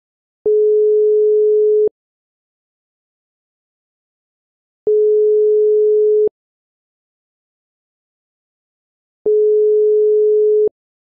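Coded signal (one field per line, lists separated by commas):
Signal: telephone call progress tone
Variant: 425 Hz, 1.5 s on, 3 s off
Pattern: ringback tone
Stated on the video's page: French ringback tones from 1955 to 2010, recreated from official CCITT/ITU documents, normalized to -6 dB.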